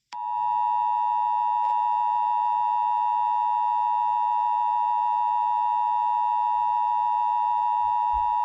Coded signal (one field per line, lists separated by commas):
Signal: Emergency Alert System (SAME) tones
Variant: 853 and 960 Hz attention tone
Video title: EAS SCENARIO 25: Dragon Maleficent's Rampage